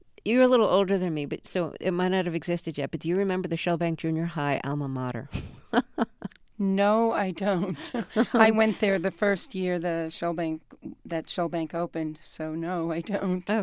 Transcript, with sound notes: you're a little older than me, so it might not have existed yet, but do you remember the Shellbank Junior High Alma Mater?
(LAUGHTER)
No, I don't. I went there the first year that Shellbank opened. So no, I don't.